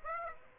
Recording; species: mosquito wingbeat signal from an infrared sensor; Aedes aegypti